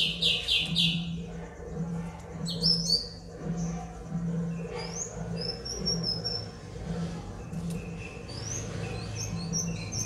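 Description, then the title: White-rumped shama singing: a fast stuttered burst of high notes, then scattered rising whistles and short phrases, over a low hum. Aggressive, fierce song of a white-rumped shama, used as a lure. "Pancingan Murai Batu Galak"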